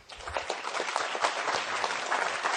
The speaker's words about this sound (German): Applaus.